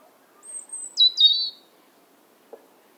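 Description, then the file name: European robin giving a brief phrase: a long thin very high whistle that drops into a short buzzy warble. "Erithacus rubecula"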